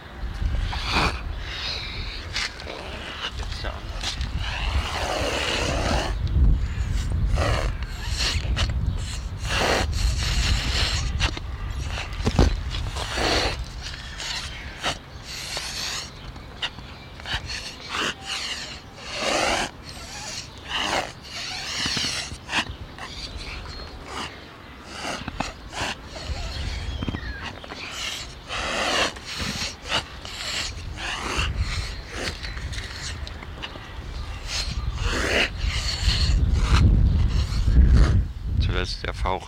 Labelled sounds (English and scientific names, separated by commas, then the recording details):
Emu (Dromaius novaehollandiae)
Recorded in captivity
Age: adult
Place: Zoo Berlin, Berlin, DE
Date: 1994-02-05 12:16
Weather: heiter bis wolkig, 0 °C, Wind
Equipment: Marantz CP 430, Sennheiser MKH 416 T, Kopie Uher Variocord 263
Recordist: Tembrock, Günter